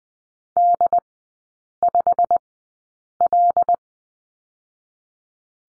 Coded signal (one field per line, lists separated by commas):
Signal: Morse code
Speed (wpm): 20 wpm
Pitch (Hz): 700 Hz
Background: none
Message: D5L